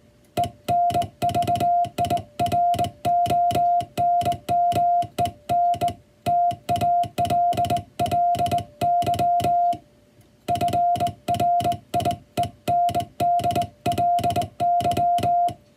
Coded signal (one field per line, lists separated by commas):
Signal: Morse code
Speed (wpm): 20 wpm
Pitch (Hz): 700 Hz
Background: music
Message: ENVIRONMENTALLY FRIENDLY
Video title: 【欧文モールス符号】第１級総合無線通信士の電気通信術の送信試験は５分間です。５分間で何字送信できるのか挑戦してみました。(training for radio operator)